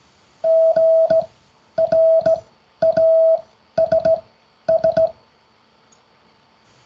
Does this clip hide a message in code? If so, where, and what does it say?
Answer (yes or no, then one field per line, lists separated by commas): yes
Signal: Morse code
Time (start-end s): 0.5-5.1 s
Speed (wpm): 18 wpm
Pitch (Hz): 650 Hz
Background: music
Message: GRASS